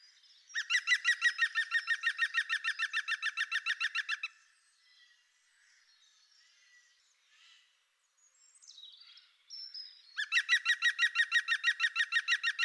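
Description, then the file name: European green woodpecker with two fast laughing series of ringing notes, separated by a quieter gap with faint sounds. "groene specht"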